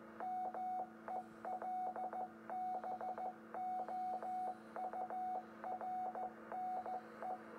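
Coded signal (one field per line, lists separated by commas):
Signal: Morse code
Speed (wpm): 14 wpm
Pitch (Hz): 740 Hz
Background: none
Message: MELBOURNE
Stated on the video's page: 10 m amateur radio beacon as received at a home station.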